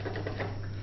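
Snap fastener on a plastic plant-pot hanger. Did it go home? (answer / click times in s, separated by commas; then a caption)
no / none. A plastic snap fastener on a hanging plant container made from a recycled plastic pot is handled as it is about to be pressed closed. Light tapping and rustling sit over a steady low hum, with small ticks near 0.2 and 0.3 seconds. Nothing has snapped shut or seated yet.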